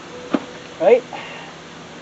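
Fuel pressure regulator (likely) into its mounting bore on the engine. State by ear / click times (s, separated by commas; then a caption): seated / 0.3 s. On a 2002 Chevy Trailblazer being fixed for code P0507, a replacement part, likely the fuel pressure regulator, is lined up with its mounting bore on the engine and pushed in by hand. A short sharp click is heard at 0.3 s, showing the part has seated, and then someone talks.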